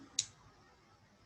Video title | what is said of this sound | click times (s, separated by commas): Online Class: Seed Beaded, Stackable Bangles! - Michaels | You hear the click, that's good. | 0.2 s